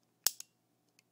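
A steel hammer on a cap and ball revolver fitted with a new hand is cocked as a test against the hand and cylinder ratchet. A sharp metallic click at 0.3 s is followed by a softer click near 0.4 s and a faint tick around 1.0 s. The hammer reaches half cock but never full cock, because the hand is still too long.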